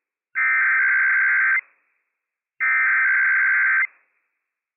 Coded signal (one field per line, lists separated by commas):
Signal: Emergency Alert System (SAME) tones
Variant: header bursts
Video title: IPAWS Required Weekly Test - WWF56 - EAS #294 - 11:00 AM PST 11/7/22